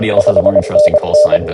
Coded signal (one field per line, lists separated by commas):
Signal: Morse code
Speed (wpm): 24 wpm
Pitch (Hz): 600 Hz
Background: speech, radio noise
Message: 5NN